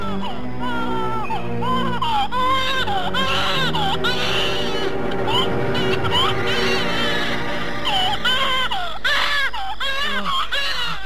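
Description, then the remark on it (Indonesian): A newborn baby boy cries in repeated high, wavering wails, each rising and falling, with brief breaths between them, loud and steady for the whole stretch. “Tidak lama kemudian, terdengarlah tangis bayi laki-laki.”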